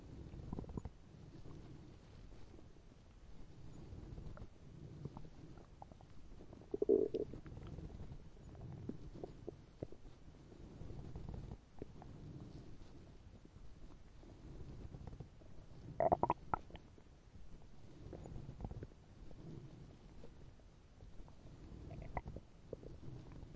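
Low, irregular gurgling and rumbling continues throughout, with a few brief higher squeaks and bubbling bursts. These are bowel sounds, the ordinary growling of an adult's empty tummy from hunger.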